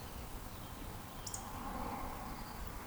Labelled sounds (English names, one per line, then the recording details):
Eurasian Woodcock whistle
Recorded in Baden-Württemberg, Germany, on 13 June 2020 at 19:55 UTC
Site 14569, 102 m above sea level